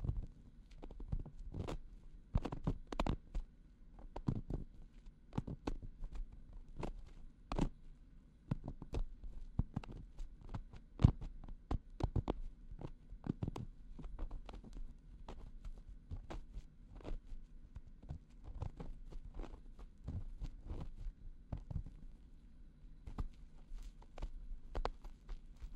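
An ear massage with irregular soft taps and rubbing thumps, clustered in quick bursts over a low, steady rumble throughout.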